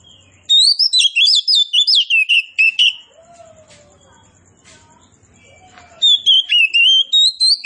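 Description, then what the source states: Oriental magpie-robin song: a rapid run of loud, sweet whistled notes sliding up and down, a quiet gap with faint low rumble, then another bright burst. Kacer poci form of the bird, described as gacor, singing vigorously and continuously.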